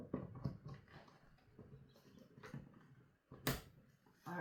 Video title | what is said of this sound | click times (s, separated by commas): Can We Bring These Old Tea Machines Back to Life? | that click sounds lovely. | 3.5 s